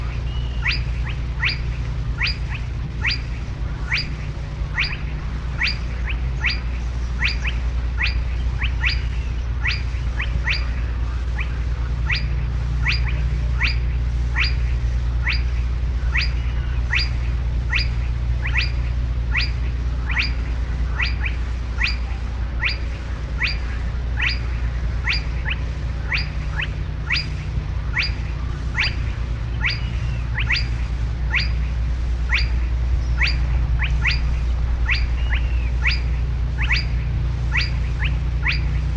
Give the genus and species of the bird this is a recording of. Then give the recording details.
Porzana porzana. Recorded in the wild. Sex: male. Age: adult. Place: Schelldorfer See, Altmark, Sachsen-Anhalt, DE. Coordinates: 52.47, 11.9542. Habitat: wetland. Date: 1965-07-04 22:00. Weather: keine Angabe. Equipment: Uher 4000 Report-S, Kopie BG 26/1. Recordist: Lippert, Wolfgang